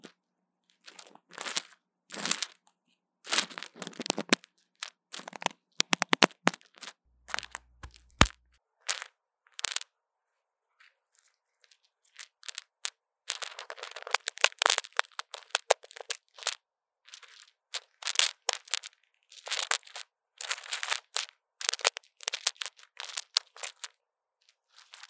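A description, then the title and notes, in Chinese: Someone handles a wire mic, producing bursts of crinkling, crunching and scratching that start and stop irregularly. The noises are bright and dense, with a quiet gap around ten to twelve seconds, then a busier stretch of rubbing and clicks through the rest. ASMR 各種玩弄線麥-蛋蛋的哀傷 | Lo-fi Earphone Mic | Lo-fi | No Talking。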